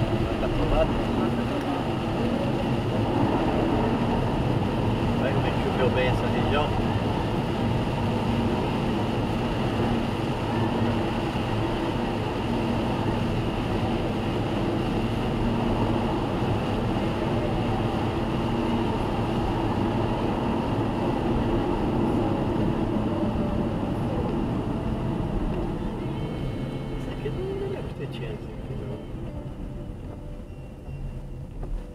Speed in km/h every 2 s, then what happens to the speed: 95, 92, 91, 92, 92, 93, 92, 92, 92, 92, 82, 68, 53, 39, 25, 14.
0-19 steady at about 92. 19-32 brakes to 14.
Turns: none.